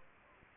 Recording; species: mosquito wingbeat signal from an infrared sensor; Anopheles gambiae